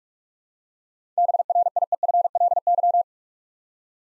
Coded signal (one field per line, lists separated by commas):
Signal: Morse code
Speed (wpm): 41 wpm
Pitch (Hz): 700 Hz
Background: none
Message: BRIEFLY